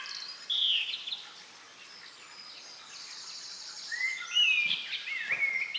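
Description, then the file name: Common blackbird giving a few clear slurred whistles, one early and a cluster later rising and falling, with faint high twittering between them. "Turdus merula"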